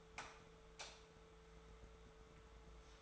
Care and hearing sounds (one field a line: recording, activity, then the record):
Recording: daily activity, microphone in the room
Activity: light off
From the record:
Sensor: 3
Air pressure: 1014.6 hPa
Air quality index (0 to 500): 183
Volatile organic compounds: 20 ppm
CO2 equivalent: 2677 ppm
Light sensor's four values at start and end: 17/44/18/18 and 15/36/15/15